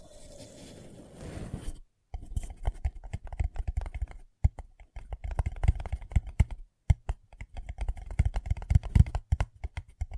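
Paper cup tingles: a soft, steady rustling scratch for the first two seconds, then a brief silence. After that come quick, uneven taps and clicks on the cup, bunched in busy bursts with short pauses between them.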